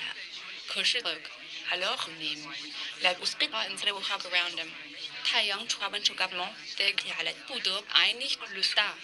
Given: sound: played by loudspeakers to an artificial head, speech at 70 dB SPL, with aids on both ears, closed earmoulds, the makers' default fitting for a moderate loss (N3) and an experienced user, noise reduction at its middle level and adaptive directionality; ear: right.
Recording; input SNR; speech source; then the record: speech test signal (ISTS) in cocktail-party noise; +9 dB; on the right (90 degrees)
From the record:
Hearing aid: class 2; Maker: B